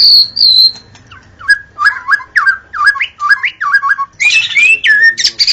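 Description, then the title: White-rumped shama singing: two high whistles, then a quick series of rising, slurred notes repeated about three times a second, ending in a loud, complex warbling flourish. Wild forest bird; original natural song. "Kicau Asli Murai Batu Hutan"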